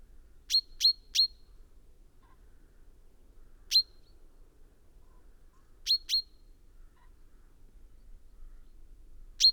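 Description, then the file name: Common chaffinch giving crisp call notes, first a run of three, then a single, a pair, and another single, spaced irregularly over several seconds. "Fringilla coelebs"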